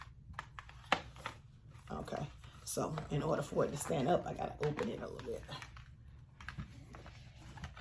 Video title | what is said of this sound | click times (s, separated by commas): DIY Lashes #lashes #diy #boutique | it locks. Let me show you. You can actually hear it clicks. | 0.9 s